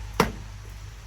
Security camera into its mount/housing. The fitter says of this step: and it will slide in until you hear it click.